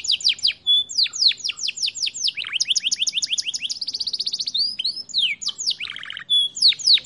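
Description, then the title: Belgian canary delivering a rich, rapid song of sharp falling notes, long rattling trills and buzzy rolls, almost without pause. Belgian canary breed; warm-up song meant to stimulate singing; tutor recording for training, so young canaries quickly sing long rolling phrases. "Canto Para Esquentar Canário Belga. Kenari AF gacor panjang bagus untuk masteran, Kenari muda cepat gacor ngerol panjang"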